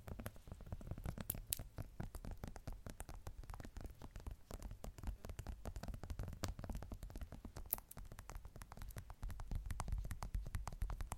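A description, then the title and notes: Fingers tap on assorted objects such as an old passport, a calendar, a Rubik's cube and a hot water bottle. The taps come quickly and unevenly, dense and nearly continuous for the whole clip, mostly dull and low with occasional sharper clicks standing out. Tapping random objects such as an old passport, a handmade calendar, Rubik's cube and a hot water bottle.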